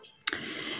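A plastic drawer storage unit that holds coloured pencils is stacked onto another drawer unit and fitted together. After a faint tick, a single sharp click is heard at 0.3 s, followed by a softer tick. The units snap together and are seated.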